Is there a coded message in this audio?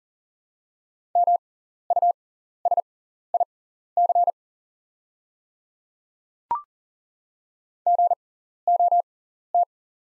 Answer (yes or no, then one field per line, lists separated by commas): yes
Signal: Morse code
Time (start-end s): 1.2-9.6 s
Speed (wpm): 40 wpm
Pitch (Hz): 700 Hz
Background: none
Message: MUSIC GOT